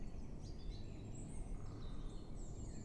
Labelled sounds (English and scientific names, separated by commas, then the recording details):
Great Spotted Woodpecker (Dendrocopos major)
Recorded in Germany
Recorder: ecoPi